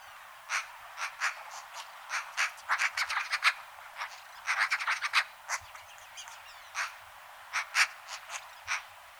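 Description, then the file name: Eurasian magpie giving a long run of harsh, rasping chak notes, irregular and clustered, sometimes in quick bursts, continuing throughout. "Pica pica"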